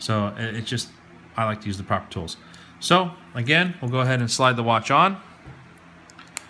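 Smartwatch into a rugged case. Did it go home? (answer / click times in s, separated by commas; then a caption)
yes / 5.8 s, 6.4 s. A smartwatch is slid into a rugged Lunatik Epik Apple Watch case while someone talks. Near the end, quiet sharp clicks come at about 5.8 s and a louder snap at about 6.4 s as the watch seats with a good fit.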